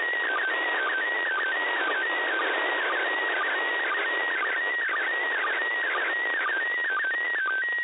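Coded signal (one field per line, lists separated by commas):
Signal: SSTV (slow-scan television)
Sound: warbling tone stepping between pitches with regular brief low blips, heavy hiss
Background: radio static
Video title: ISS SSTV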